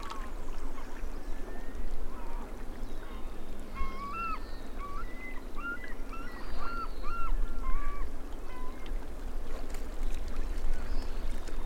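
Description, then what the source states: Harlequin duck calls, a run of short squeaky rising notes repeated about every half second for several seconds, over a steady low rumble. Recorded in Greenland.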